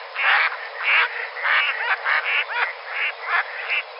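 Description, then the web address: Mallards calling with rasping quacks in short bursts in quick succession, some with brief wavering notes between them. Mallards flying. "Duck Mallards Flying"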